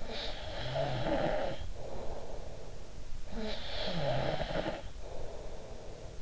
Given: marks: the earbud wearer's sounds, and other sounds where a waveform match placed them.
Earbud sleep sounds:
sounds in sleep by an in-ear microphone; snoring breath
0.02-2.91 s: snoring breath
3.24-6.22 s: snoring breath

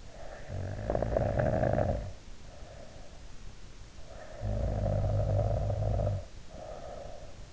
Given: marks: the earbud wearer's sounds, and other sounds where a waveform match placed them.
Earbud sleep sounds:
sounds in sleep by an in-ear microphone; snoring breath
0.14-3.24 s: snoring breath
4.14-7.53 s: snoring breath

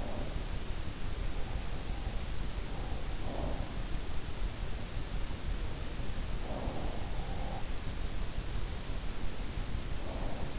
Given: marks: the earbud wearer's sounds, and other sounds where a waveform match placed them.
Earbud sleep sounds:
sounds in sleep by an in-ear microphone; breath
0.00-0.51 s: breath
3.19-3.78 s: breath
6.52-7.69 s: breath
9.99-10.59 s: breath

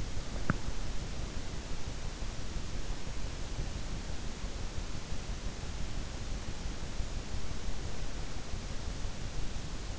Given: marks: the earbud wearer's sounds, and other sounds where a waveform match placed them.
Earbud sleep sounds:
sounds in sleep by an in-ear microphone; teeth grinding
0.00-1.06 s: teeth grinding

